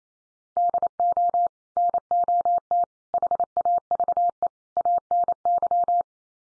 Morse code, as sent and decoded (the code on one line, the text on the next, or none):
-.. --- / -. --- - / .... .- ...- . / .- -. -.--
DO NOT HAVE ANY